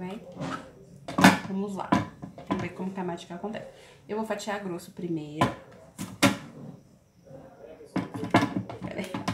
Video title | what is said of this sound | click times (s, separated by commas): usando o super chefe Junior - incrível #amei | Pera aí, que não encaixou direito. | none